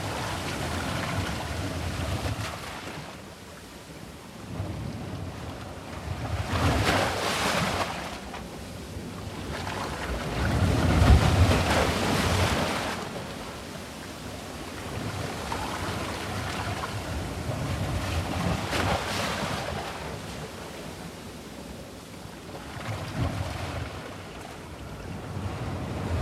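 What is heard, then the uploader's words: Waves wash against a rocky shore and into caves, rising in surges every few seconds, with a stronger swell near eleven seconds and again around nineteen and twenty-four. A low rumble and wind buffeting on the microphone run underneath the steady hiss of water. Cave-crashing waves. The gentle caress of waves as they tenderly kiss the shoreline, and then extend their affectionate touch to embrace the caves within the canyon. Unfolds in the remote splendour of Gjipe Canyon in Albania. Recorded by Rafael Diogo.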